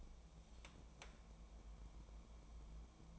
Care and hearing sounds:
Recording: daily activity, microphone in the room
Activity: take from stove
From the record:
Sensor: 1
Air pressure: 1000.0 hPa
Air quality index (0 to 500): 132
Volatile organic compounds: 2 ppm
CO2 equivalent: 1256 ppm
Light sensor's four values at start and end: 44/110/47/58 and 44/110/47/58

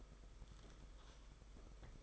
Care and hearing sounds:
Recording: daily activity, microphone in the room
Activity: take from stove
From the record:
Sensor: 5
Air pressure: 991.2 hPa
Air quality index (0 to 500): 91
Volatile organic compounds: 11 ppm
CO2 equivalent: 2298 ppm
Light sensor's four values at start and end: 33/103/40/42 and 33/104/40/42

